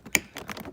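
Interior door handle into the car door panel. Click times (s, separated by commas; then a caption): 0.1 s. An interior door handle assembly on a Mercedes C240 is pushed top first into the plastic door panel and seats with one sharp click at 0.2 s. Several softer taps and rustles follow. The front of the handle trim is clipped into place.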